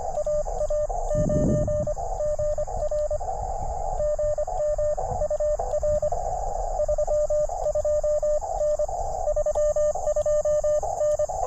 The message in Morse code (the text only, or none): AA9GR GM UR 32N 32N